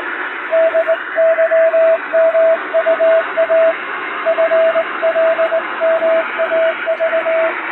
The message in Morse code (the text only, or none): DYMUA FLMAV